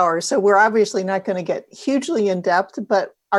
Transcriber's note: none